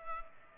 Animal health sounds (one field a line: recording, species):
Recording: mosquito wingbeat signal from an infrared sensor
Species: Culex pipiens